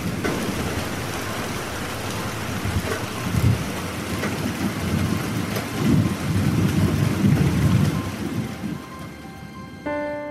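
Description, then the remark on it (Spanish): Steady, hissing rain pours throughout a big storm over a forest while deep rolls of thunder rumble and swell, loudest around the middle, before a short tonal chime cuts in at the very end. “Se acercaba una gran tormenta, una tormenta que duró toda la noche.”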